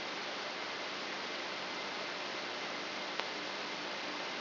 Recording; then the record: brain microelectrode recording played as sound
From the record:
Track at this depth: outside the subthalamic nucleus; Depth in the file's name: 0.842 mm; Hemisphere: left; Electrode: 3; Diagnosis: Parkinson's disease